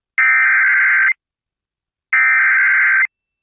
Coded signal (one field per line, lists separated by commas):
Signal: Emergency Alert System (SAME) tones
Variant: header bursts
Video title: FLOOD RISK OF HIGH OF CHRISTMAS EVE... EAS Alerts From 12/24/25 - 12/25/25 (EAS#5,003 - 5,037)